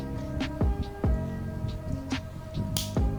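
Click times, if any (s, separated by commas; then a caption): 2.8 s. An RJ-45 plug is crimped onto a twisted-pair crossover cable with a crimping tool while music plays. A sharp click at 2.8 s marks the crimp, confirming the plug is seated and the crimping is done.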